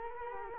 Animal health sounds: mosquito wingbeat signal from an infrared sensor; Culex quinquefasciatus

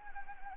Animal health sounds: mosquito wingbeat signal from an infrared sensor; Anopheles arabiensis

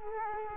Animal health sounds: mosquito wingbeat signal from an infrared sensor; Culex quinquefasciatus

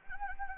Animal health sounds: mosquito wingbeat signal from an infrared sensor; Anopheles gambiae

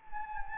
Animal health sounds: mosquito wingbeat signal from an infrared sensor; Anopheles gambiae

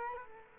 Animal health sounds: mosquito wingbeat signal from an infrared sensor; Culex quinquefasciatus

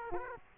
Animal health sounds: mosquito wingbeat signal from an infrared sensor; Aedes aegypti

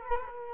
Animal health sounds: mosquito wingbeat signal from an infrared sensor; Culex quinquefasciatus

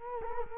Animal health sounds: mosquito wingbeat signal from an infrared sensor; Culex quinquefasciatus

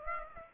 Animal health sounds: mosquito wingbeat signal from an infrared sensor; Aedes aegypti

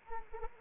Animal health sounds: mosquito wingbeat signal from an infrared sensor; Anopheles arabiensis

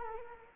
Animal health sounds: mosquito wingbeat signal from an infrared sensor; Culex quinquefasciatus

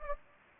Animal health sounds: mosquito wingbeat signal from an infrared sensor; Anopheles gambiae

